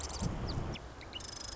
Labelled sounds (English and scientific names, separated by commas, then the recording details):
Marsh Wren (Cistothorus palustris)
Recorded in Sonoma County, California